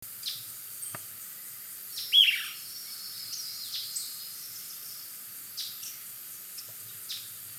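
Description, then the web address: Scalloped woodcreeper: one strong, high, downslurred note among fainter similar falling notes spaced a second or two apart, over a steady hiss. "cantos chincheroescamado"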